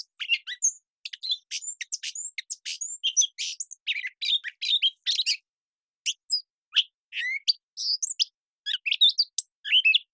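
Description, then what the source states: Gray catbird pouring out a dense, jumbled song of squeaks, high whistles and varied notes, with only short pauses. Male song performance, one long developing song string of whistles, squeaks, gurgles, whines and nasal tones with possible mimicry, phrases sung almost at random; parabolic recording, cleaned and processed.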